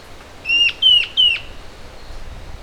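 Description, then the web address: Bird gives three short, clear notes in quick succession, each falling slightly in pitch, over a quiet background. "BIRD SABIOD bird"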